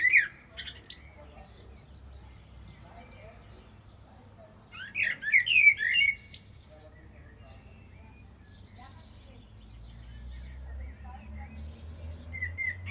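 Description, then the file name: Common blackbird giving squeaky high notes at the start and a rich twittering phrase midway, with low rumbling background noise later. "Turdus merula"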